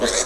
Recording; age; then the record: pig call; piglet (1 to 25 days)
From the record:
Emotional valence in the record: negative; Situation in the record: crushing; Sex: male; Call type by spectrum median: high-frequency call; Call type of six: high-frequency stable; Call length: 0.26 s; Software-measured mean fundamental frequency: 122 Hz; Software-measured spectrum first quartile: 660 Hz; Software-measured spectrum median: 2771 Hz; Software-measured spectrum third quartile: 6206 Hz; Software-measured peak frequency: 598 Hz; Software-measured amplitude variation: 122 dB a second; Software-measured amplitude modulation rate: 17.1 a second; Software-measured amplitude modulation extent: 7.2 dB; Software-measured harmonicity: -0.3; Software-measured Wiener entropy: -1.79